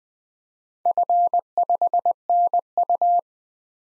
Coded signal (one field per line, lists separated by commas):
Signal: Morse code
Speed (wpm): 21 wpm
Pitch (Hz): 700 Hz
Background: none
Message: F5NU